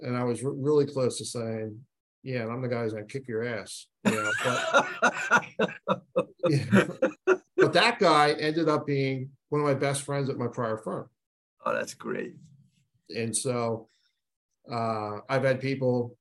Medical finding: A person who stutters.